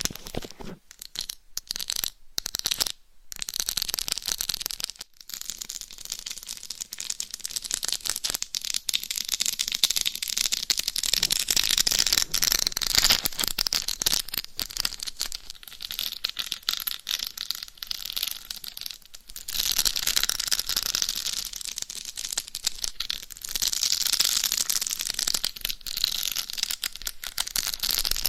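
Close scratching and rubbing against a microphone fill the recording with a dense, bright, crackling texture that barely lets up. The first few seconds are broken by short gaps and sharp taps, then the friction runs steadily, swelling and easing in waves.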